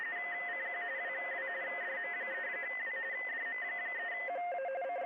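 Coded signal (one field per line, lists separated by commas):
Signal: RTTY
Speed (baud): 45.45 baud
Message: CQ WW DM3W DM3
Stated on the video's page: Live CQ WW RTTY contest operation.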